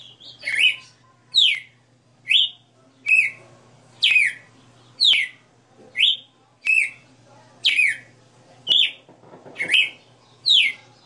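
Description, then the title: Red-cowled cardinal singing clean, loud downslurred whistles in a steady series of roughly one note per second. Female bird singing live; the song is described as sixty notes. "Canto Galo Campina Fêmea. Galo de Campina 60 NOTAS Cantando Ao vivo"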